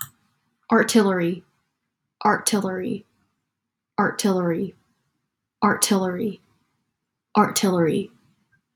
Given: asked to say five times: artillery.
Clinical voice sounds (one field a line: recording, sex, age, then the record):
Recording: repeated word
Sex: female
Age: 20 to 29 years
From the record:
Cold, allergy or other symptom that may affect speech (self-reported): no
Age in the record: 22 years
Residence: Washington, United States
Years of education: 16